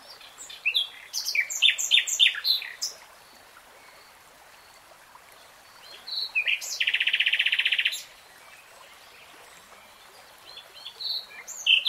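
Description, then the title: Nightingale song with a jumble of varied sharp notes, a long pause, then a dense buzzy churring trill lasting about a second, followed by scattered high notes. Singing, recorded in real time; a three-hour recording. "[Tiếng chim hót] 3 Hours REALTIME Nightingale Singing"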